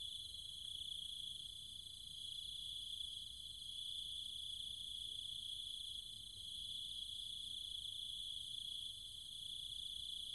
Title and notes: Cicada countryside, Thailand. Nighttime sounds of the cicadas and insects in the trees and fields, Chiang Mai, Thailand.